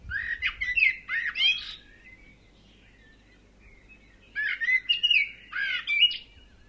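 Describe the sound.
Bird giving harsh, chattering squawks in two bursts of several notes each, separated by a few seconds of quiet background noise.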